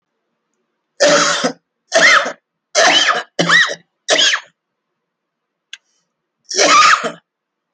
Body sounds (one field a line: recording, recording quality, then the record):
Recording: heavy voluntary cough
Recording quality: excellent, no background noise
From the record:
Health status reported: healthy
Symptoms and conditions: diabetes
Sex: male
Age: 58 years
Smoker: not ticked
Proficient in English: yes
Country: India